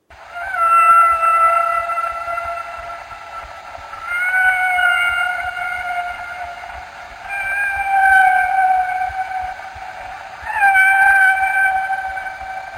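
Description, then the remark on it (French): Humpback whale song: four long, drawn-out tonal cries, each lasting a few seconds with rich harmonics and gently sliding pitch, separated by brief pauses over a faint low rumble. “Tout d'abord, le son d'un chant d'une baleine à bosse.”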